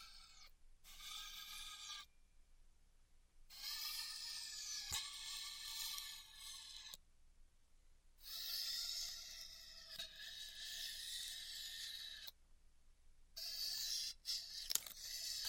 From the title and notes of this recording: ASMR Styrofoam Heat Cutting (No Talking).